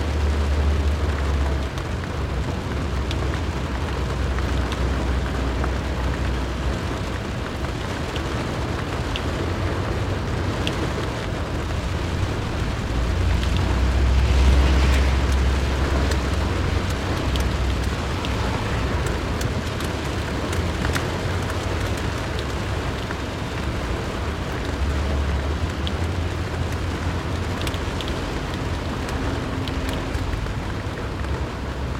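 Rain falls on a car window as a steady, dense patter that stays even for the whole half minute. A low rumble runs underneath, swelling a little around the middle, and scattered sharper drops tick through the wash of noise.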